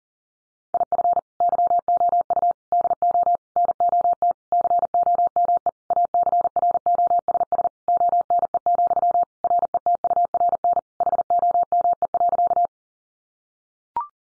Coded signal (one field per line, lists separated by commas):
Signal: Morse code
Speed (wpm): 37 wpm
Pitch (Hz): 700 Hz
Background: none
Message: IF YOU DO NOT COME ACROSS ONE, RETURN HOME.